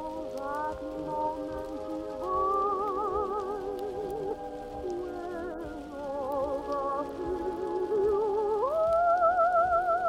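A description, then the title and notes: An old-time song plays in another room, a wavering singing voice holding long notes over a soft accompaniment. A steady crackle and patter, like fire or rain, runs underneath throughout. The music swells and climbs to a higher sustained note near the end. (music from '20s, '30s, '40s) and it is sounding like it is coming from another room. Vintage Oldies playing in another room (falling snow &fire sounds ).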